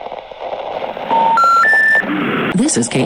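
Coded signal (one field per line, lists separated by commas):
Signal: telephone call progress tone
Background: speech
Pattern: special information tone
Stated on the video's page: EAS SAME tones in an old unfinished fictional scenario, simulated.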